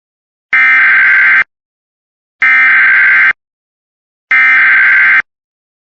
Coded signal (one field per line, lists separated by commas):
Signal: Emergency Alert System (SAME) tones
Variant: header bursts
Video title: EAS | flood statement in Barbour County, West Virginia | plus, what are these clapping coming from?